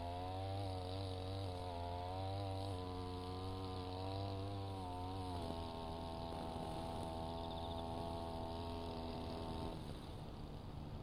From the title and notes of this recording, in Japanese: 環境音 機械音あり サツマイモ畑の草刈り。サツマイモの畝間を行ったり来たり、ひたすら草刈り機で草刈りです。